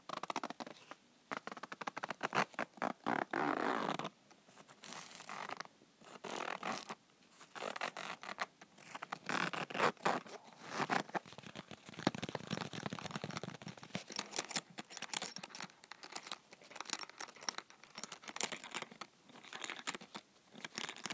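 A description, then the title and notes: Dry scratching on fabric with a zip, broken by quick fingertip taps and bright metallic rattles. Various triggers with a blue purse. Scratching fabric and zip, fingertip tapping, shaking metal zip end.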